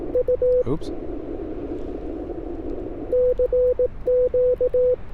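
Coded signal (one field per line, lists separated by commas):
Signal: Morse code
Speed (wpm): 18 wpm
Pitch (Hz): 500 Hz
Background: speech, radio noise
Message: U CQ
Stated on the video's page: Morse at 18 wpm during a POTA CW activation from a state park, IC-705 with Ashi paddle and homebrew 49:1 inverted-vee.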